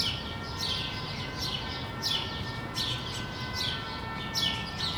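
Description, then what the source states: Sparrows giving repeated bursts of downward chirps, with a faint steady mechanical tone and low rumble behind. Sparrows recorded on Rue de l'épargne, Brussels, Belgium, on World Sparrow Day; Lom mikroUši AB microphones into a Deity PR-2 recorder.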